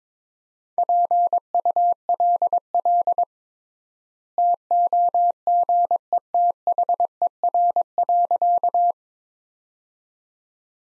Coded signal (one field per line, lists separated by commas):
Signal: Morse code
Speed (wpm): 22 wpm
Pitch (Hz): 700 Hz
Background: none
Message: PULL TOGETHER.